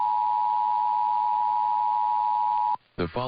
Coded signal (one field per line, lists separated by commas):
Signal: Emergency Alert System (SAME) tones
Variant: 853 and 960 Hz attention tone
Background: speech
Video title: [EAS #2483-#2489] Tests Galore! (6/20/23 - 6/21/23)